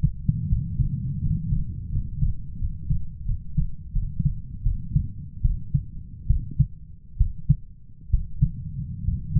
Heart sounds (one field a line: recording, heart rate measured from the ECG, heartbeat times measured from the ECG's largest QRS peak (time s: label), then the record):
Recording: heart sounds by stethoscope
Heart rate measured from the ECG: 77 bpm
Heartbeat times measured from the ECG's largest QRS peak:
0.48 s: heartbeat
1.21 s: heartbeat
1.91 s: heartbeat
2.58 s: heartbeat
3.25 s: heartbeat
3.92 s: heartbeat
4.62 s: heartbeat
5.41 s: heartbeat
6.26 s: heartbeat
7.17 s: heartbeat
8.10 s: heartbeat
9.04 s: heartbeat
From the record:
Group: healthy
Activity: cold pressor test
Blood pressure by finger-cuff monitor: 137/77 mmHg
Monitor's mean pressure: 97 mmHg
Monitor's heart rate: 78 bpm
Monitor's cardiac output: 8.1 L/min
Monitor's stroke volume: 106 mL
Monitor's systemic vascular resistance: 880 dyn s/cm5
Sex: male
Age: 23 years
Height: 178 cm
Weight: 96.6 kg